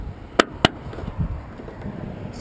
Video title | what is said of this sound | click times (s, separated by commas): 2014 Mazda 6 LED Lighting Installation | we are just going to do that same way snaps | 0.4 s, 0.6 s